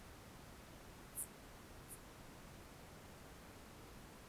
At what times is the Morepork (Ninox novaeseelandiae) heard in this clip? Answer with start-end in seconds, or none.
none